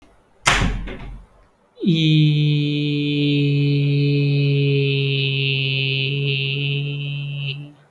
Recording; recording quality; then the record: sustained vowel as in beet; excellent, no background noise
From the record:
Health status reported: healthy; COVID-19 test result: not tested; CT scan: not taken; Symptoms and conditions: hypertension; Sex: male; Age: 23 years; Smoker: no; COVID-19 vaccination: none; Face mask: not worn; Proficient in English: no